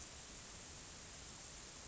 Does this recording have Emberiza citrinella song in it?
no